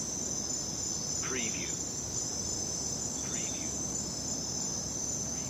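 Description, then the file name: Crickets trilling steadily while a bird gives a couple of short, clear calls. Crickets at night, with birds. "night crickets and birds"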